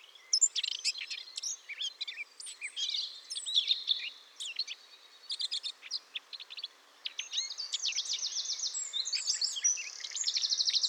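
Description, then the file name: Eurasian blackcap song, quick scratchy warbling that ends in rapid strings of repeated high notes during the last few seconds. "Sylvia atricapilla"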